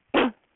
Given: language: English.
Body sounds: throat vibration sensor signal played as sound; cough

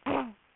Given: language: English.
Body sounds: throat vibration sensor signal played as sound; throat clearing

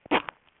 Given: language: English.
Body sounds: throat vibration sensor signal played as sound; cough

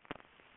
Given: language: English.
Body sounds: throat vibration sensor signal played as sound; swallow

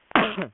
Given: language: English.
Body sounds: throat vibration sensor signal played as sound; cough

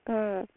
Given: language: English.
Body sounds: throat vibration sensor signal played as sound; speech

